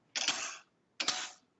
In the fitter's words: did you hear that lock it locks into place